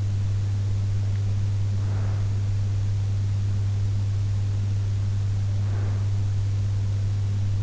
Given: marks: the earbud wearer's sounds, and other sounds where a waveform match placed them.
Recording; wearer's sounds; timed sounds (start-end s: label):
sounds in sleep by an in-ear microphone; breath
1.33-2.67 s: breath
5.11-6.73 s: breath